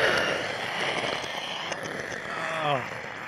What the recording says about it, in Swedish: Efter att ha cyklat kämpat mig genom den här motvinden, mina luftrör, jag har så ont. Det bara brinner i min kropp. Dödsrossling.